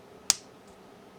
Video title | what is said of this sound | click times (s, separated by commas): 神龟共鸣！响指动漫X火仔动漫 忍者神龟 合金机甲 多纳泰罗 | I heard the smacking and it locked | 0.3 s